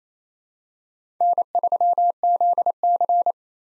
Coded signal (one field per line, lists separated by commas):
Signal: Morse code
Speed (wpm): 28 wpm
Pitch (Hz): 700 Hz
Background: none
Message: N3ZC